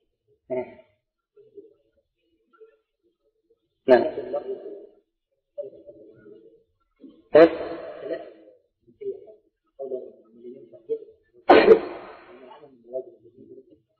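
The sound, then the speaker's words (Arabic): Three sharp, explosive sneezes burst out a few seconds apart, each loud and sudden, with low murmured speech filling the gaps between them, during an Arabic religious lesson. “رحمك الله.”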